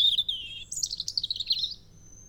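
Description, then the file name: European robin song: a continuous high, thin warbling phrase of trilled and sliding notes, dipping slightly before rising again, then trailing off into a faint whistle. "Erithacus rubecula"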